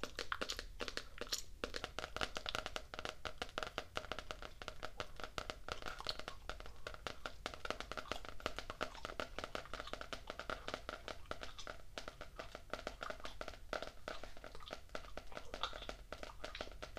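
Gum chewing and tapping, made of dense, rapid clicks and small wet smacks that run without pause for the whole stretch. The sounds are bright and crisp, and their level stays fairly even, with a low, faint rumble underneath.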